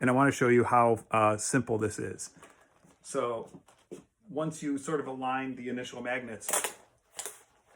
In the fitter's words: yeah in a snap they all sort of snap into place and and i'm good to go and they don't go anywhere